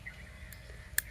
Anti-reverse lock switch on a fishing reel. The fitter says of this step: பண்ணிங்கன்னா அன்லாக்கு, இப்படி